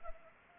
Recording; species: mosquito wingbeat signal from an infrared sensor; Anopheles arabiensis